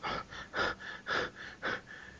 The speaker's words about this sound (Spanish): Oigo un jadeo. Me entra ansiedad porque no sé qué poder escogería.